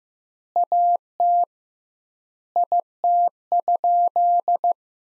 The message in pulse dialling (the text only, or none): none